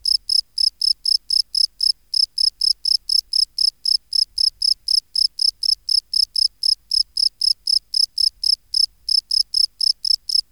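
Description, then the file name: Field cricket chirping steadily, bright high-pitched pulses following one another roughly four times a second throughout, against silence. "Gryllus campestris"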